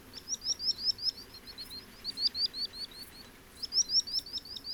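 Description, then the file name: Common sandpiper song: three bursts of quick, high, piping notes, the first two trailing off into softer notes, a brief pause, then a strong restart. Singing, in Portland on 15 August 2017 at 00:48. "Common Sand inc singing Portland"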